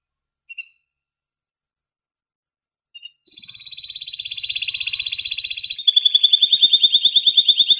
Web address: sounds canary canary-sound